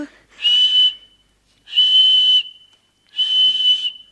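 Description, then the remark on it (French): A whistle is blown three times in a steady rhythm, each blast a shrill, sustained high tone lasting under a second, separated by short pauses. “Tenez, quand vous aurez besoin de moi, Quand vous voudrez que je vienne, vous n'aurez qu'à siffler avec ceci.”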